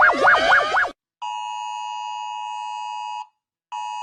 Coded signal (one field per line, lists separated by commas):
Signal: Emergency Alert System (SAME) tones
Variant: 853 and 960 Hz attention tone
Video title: The Ultimate Rating of eas alarms